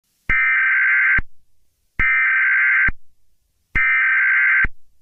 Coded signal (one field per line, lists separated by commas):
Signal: Emergency Alert System (SAME) tones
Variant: header bursts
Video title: Lo so raptor(a Jurassic Park novel eas scenario) along horror